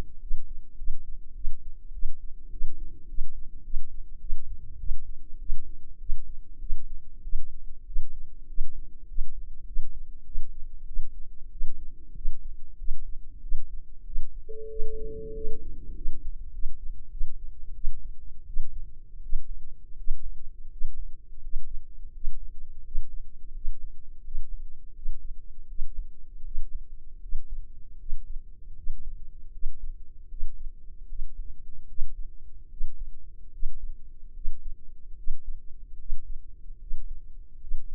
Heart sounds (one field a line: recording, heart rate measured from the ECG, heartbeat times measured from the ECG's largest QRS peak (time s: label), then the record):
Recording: heart sounds by microphone in the left ear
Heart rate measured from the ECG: 88 bpm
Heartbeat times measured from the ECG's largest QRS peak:
0.20 s: heartbeat
0.77 s: heartbeat
1.34 s: heartbeat
1.93 s: heartbeat
2.51 s: heartbeat
3.08 s: heartbeat
3.63 s: heartbeat
4.20 s: heartbeat
4.78 s: heartbeat
5.39 s: heartbeat
5.99 s: heartbeat
6.60 s: heartbeat
7.23 s: heartbeat
7.86 s: heartbeat
8.48 s: heartbeat
9.07 s: heartbeat
9.66 s: heartbeat
10.25 s: heartbeat
10.86 s: heartbeat
11.51 s: heartbeat
12.15 s: heartbeat
12.77 s: heartbeat
13.41 s: heartbeat
14.05 s: heartbeat
14.69 s: heartbeat
15.34 s: heartbeat
15.94 s: heartbeat
16.52 s: heartbeat
17.11 s: heartbeat
17.74 s: heartbeat
18.46 s: heartbeat
19.22 s: heartbeat
19.97 s: heartbeat
20.70 s: heartbeat
21.42 s: heartbeat
22.13 s: heartbeat
22.84 s: heartbeat
23.53 s: heartbeat
24.23 s: heartbeat
24.94 s: heartbeat
25.67 s: heartbeat
26.44 s: heartbeat
27.21 s: heartbeat
27.99 s: heartbeat
28.75 s: heartbeat
29.52 s: heartbeat
30.29 s: heartbeat
31.07 s: heartbeat
31.87 s: heartbeat
32.69 s: heartbeat
33.51 s: heartbeat
34.34 s: heartbeat
35.16 s: heartbeat
35.98 s: heartbeat
36.79 s: heartbeat
37.59 s: heartbeat
From the record:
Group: healthy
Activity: rest 0-17 s, breath hold 17-38 s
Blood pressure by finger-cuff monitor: 108/61 mmHg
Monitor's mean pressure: 80 mmHg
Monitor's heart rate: 94 bpm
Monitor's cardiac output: 8.8 L/min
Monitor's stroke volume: 92 mL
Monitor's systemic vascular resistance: 660 dyn s/cm5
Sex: female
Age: 24 years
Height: 163 cm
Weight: 55.7 kg